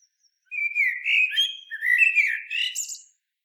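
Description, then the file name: Common blackbird song: a low, fluty warbled phrase lasting about two and a half seconds, ending in a thin, squeaky high twitter. "Turdus merula"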